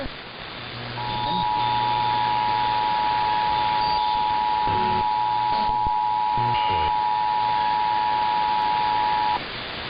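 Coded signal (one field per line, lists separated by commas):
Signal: Emergency Alert System (SAME) tones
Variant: 853 and 960 Hz attention tone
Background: speech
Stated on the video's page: San Diego County Required Monthly Test captured on KOGO 600 AM and KHTS 93.3 FM.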